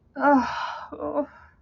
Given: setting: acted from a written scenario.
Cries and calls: vocal sound without words; shame

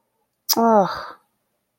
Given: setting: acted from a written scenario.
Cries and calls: vocal sound without words; disappointment

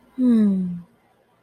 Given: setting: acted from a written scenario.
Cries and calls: vocal sound without words; contentment

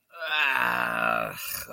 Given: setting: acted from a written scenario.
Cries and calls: vocal sound without words; disgust

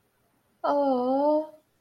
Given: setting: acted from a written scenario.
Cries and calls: vocal sound without words; sympathy

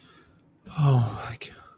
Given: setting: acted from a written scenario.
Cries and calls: vocal sound without words; romantic love

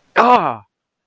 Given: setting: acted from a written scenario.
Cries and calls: vocal sound without words; pain

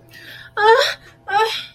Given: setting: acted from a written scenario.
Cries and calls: vocal sound without words; distress

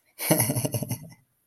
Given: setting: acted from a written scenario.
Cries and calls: vocal sound without words; amusement

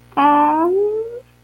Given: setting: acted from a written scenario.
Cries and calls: vocal sound without words; romantic love

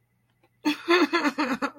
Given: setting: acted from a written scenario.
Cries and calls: vocal sound without words; sadness

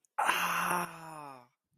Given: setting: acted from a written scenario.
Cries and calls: vocal sound without words; pain

